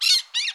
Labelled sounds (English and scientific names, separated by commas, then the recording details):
Brown-throated Parakeet (Eupsittula pertinax) contact call
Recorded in Curacao
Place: Hoffi Jan Thiel
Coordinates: 12.094, -68.877